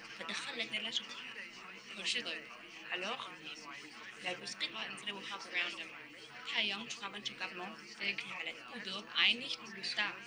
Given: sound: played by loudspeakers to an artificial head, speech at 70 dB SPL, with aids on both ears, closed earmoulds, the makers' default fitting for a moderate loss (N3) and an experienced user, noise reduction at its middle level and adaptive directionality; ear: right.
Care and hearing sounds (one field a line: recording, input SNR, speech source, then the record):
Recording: speech test signal (ISTS) in cocktail-party noise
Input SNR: -3 dB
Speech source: in front (0 degrees)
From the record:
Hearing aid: class 2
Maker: F